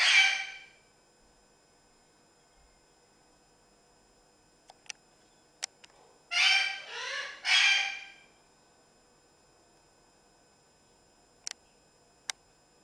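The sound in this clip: Parrot squawks: a loud harsh call at the start, then a close cluster of three raspy squawks midway, with sharp clicks scattered around.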